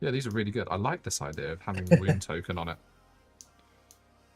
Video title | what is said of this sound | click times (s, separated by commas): Building Robogear & CADing BloodBowl #Bloodbowl #Warhammer40k #Konflikt47 | Also makes a satisfying click sound. | 3.4 s, 3.9 s